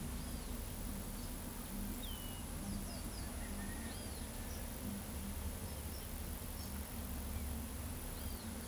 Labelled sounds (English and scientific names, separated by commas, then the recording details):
Carib Grackle (Quiscalus lugubris), Great Kiskadee (Pitangus sulphuratus)
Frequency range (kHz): Carib Grackle (Quiscalus lugubris) 3.8-7.3 kHz; Great Kiskadee (Pitangus sulphuratus) 2.0-7.0 kHz
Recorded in pastures near Pivijay, Magdalena, Colombia, on 1 June 2023 at 13:30
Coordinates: 10.456, -74.369
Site P6-G026